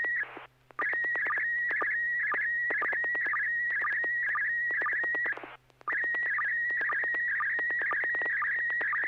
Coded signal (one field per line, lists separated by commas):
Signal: SSTV (slow-scan television)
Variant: PD 120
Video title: N6NA SSTV Net - 12/20/2023